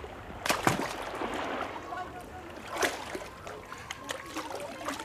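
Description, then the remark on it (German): Someone slips into the water to join a swimmer at a buoy, with a few sharp splashes early on and another burst later, separated by softer sloshing and trickling as the water settles. “Warten Sie, ich komme lieber zu Ihnen ins Wasser.”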